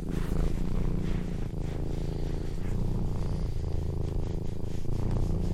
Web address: Tom Hutchings Cat Purring